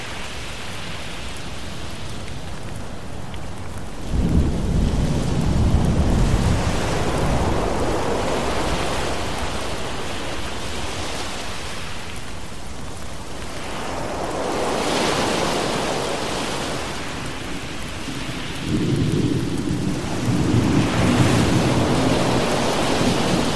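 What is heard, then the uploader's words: Steady rain hisses throughout a thunderstorm, with deep rolling thunder swelling in around four seconds and again near nineteen seconds. Between them, a softer surge rises and falls around fifteen seconds like a wave washing in. The rumbles sound fairly heavy. Thunderstorm Rain Sounds With Ocean Waves.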